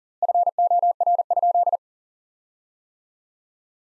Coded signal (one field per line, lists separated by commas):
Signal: Morse code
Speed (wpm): 40 wpm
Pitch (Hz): 700 Hz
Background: none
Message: FOR?